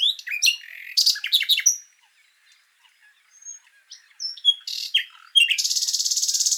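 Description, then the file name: Common nightingale: songbird phrases of varied sharp chirps and whistles with short gaps, ending in a loud high rapid trill. "Luscinia megarhynchos"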